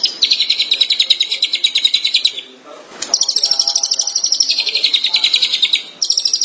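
Shrike delivering dense, high chattering phrases, stopping for a moment near two and a half seconds, then resuming in another rapid run.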